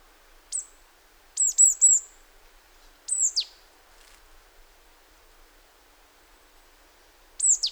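Marsh Tit giving high, sharp downslurred notes, singly or in short groups, separated by pauses.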